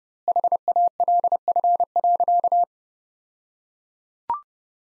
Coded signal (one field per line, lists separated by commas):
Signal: Morse code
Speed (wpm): 30 wpm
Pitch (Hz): 700 Hz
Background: none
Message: HALF.